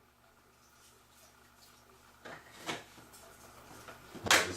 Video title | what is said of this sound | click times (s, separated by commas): How to Maintain your Dyson 14 and the New and improved | clicks back in | 4.3 s